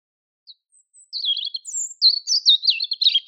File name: Erithacus rubecula